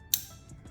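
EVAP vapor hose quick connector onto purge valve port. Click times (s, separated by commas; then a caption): 0.1 s. A green EVAP vapor hose quick connector on a 2018-2023 Ford Explorer 2.3L is pushed back and then pulled forward to lock it onto the purge valve port. A sharp, bright click sounds at 0.1 s, followed by faint, softer ticks. The connector clicks in and is seated.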